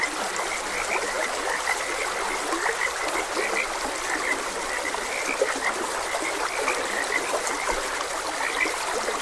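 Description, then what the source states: Frogs give short chirpy croaks, overlapping and repeating throughout, against a continuous babble of running water. Frogs croaking beside a gentle stream.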